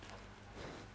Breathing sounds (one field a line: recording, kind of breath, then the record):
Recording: one breath in and out by a microphone near the nose and mouth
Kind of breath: strong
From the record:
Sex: male